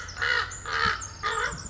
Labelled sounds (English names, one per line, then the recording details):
Common Raven
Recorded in Sonoma County, California